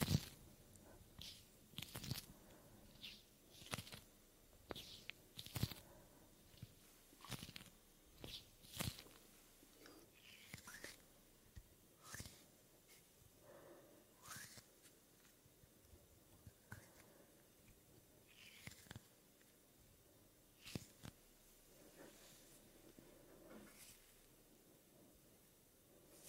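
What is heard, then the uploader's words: Soft hand and skin sounds: frequent short brushing swishes and rubs, irregular, some hissy, over a quiet low background, with occasional breathing. ASMR Soft Hand Sounds & Movements Skin Sounds Up-Close Breathing.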